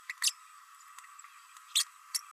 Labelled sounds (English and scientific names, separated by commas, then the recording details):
Green-rumped Parrotlet (Forpus passerinus) babbling
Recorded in a nest box in Venezuela
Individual 18B104A5